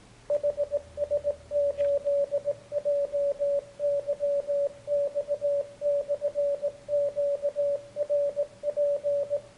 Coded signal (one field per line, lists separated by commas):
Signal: Morse code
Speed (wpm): 18 wpm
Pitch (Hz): 570 Hz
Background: radio noise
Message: HS8JYX/QRP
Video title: ทดลองเครื่องส่ง 21MHz QRP 300mw